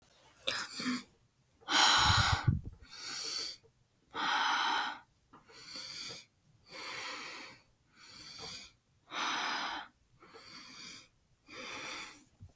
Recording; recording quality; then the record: deep breathing; excellent, no background noise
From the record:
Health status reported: exposed to COVID-19, no respiratory illness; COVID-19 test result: negative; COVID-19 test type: RT-PCR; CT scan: not taken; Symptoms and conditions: cough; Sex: female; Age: 24 years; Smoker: no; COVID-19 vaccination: both doses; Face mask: not worn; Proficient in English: yes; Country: United States